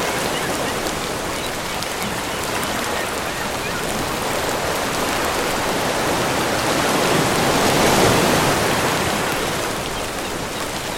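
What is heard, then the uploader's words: Ocean waves wash in a dense, steady hiss that swells gently toward a soft peak around eight seconds before easing back. OCEAN WAVE AMBIENCE.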